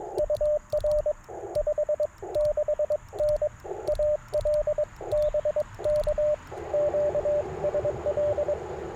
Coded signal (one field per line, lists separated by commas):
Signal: Morse code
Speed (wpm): 22 wpm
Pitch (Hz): 600 Hz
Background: radio noise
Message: UR 56N AL BK QSL